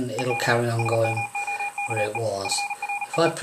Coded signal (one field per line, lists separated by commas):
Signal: Morse code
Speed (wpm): 37 wpm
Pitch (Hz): 2450 Hz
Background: speech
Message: ED SMOKE FREE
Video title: Free Android Morse Code reader app - RX Beta 1.1